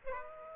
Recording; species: mosquito wingbeat signal from an infrared sensor; Aedes aegypti